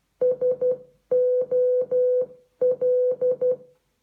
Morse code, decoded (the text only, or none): SOL